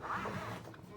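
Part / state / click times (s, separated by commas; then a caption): miter saw turntable into its angle detent / not seated / none. The miter lock button on a Ryobi 10" compound miter saw with LED cutline indicator is pressed and the saw's turntable is swung toward a preset angle stop, making a steady sliding, rasping scrape with a brief tick near 0.8 s. The turntable has not snapped into its detent yet, and nothing has seated or clicked.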